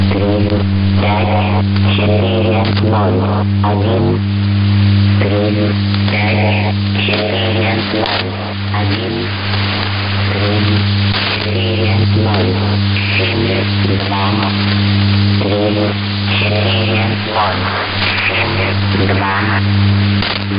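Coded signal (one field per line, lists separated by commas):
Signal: numbers station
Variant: S06s, Russian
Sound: short, evenly spaced spoken words, possibly numbers in Russian, over a loud droning hum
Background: radio hum and static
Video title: 20 06 2019 S06s Russian Lady numbers station in Russian to Eu 0930 on 9256 unknown tx site USB+AM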